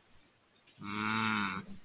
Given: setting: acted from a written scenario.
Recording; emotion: vocal sound without words; neutral